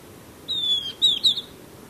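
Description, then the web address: Golden-faced Tyrannulet calling: a long, thin, high whistle sliding slightly downward, followed by two short, sharp downslurred notes, over a faint steady background hiss. Recorded in Ecuador. "Natures Songs S America Birds of Ecuador. Golden-faced Tyrannulet"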